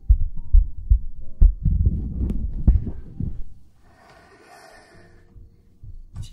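Dull low thumps of an adult woman's heartbeat, heard close up, at about 68 a minute for three seconds, then fading into quiet hum.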